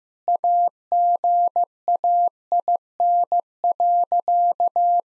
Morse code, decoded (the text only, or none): AGAIN.